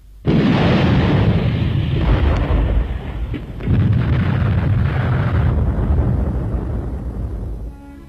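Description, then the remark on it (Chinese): Heavy enemy artillery shells burst on an empty battlefield position in a loud, sustained barrage, deep rumbling booms overlapping with a second surge of blasts midway before the roar fades out. “队伍刚刚撤走，敌人的炮弹便在空阵地上爆炸了。”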